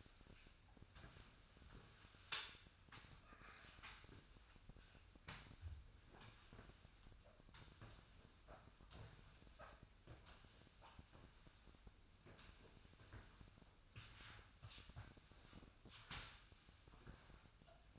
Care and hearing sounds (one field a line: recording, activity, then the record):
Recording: daily activity, microphone in the room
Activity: sweep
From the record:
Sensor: 2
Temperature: 24.0 degrees Celsius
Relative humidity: 35.5%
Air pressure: 1004.6 hPa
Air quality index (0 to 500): 91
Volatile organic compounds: 2 ppm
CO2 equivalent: 1097 ppm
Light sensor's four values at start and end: 6/15/6/6 and 6/15/6/6